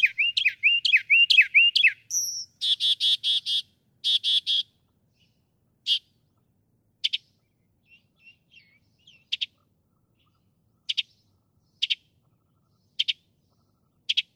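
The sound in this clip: Northern mockingbird song opening with a rapid warbled run, then repeated buzzy rasping notes, followed by single sharp chips spaced a second or more apart.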